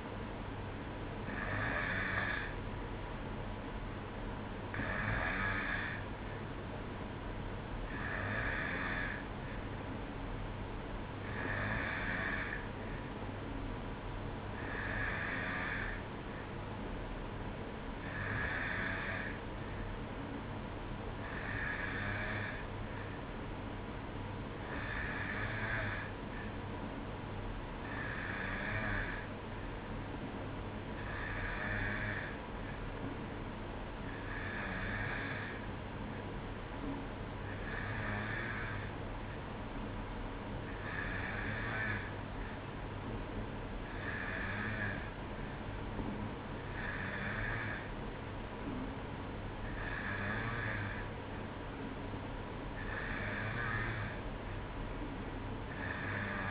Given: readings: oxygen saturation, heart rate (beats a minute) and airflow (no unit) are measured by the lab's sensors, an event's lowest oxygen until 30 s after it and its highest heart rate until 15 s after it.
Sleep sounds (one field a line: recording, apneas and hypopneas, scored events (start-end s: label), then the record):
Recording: breathing in sleep by a voice recorder at the bedside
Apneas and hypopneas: none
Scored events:
none scored
From the record:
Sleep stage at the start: N2 (light sleep)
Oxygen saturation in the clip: 92%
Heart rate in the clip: 61 to 64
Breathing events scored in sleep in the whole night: 305 in 9.6 hours asleep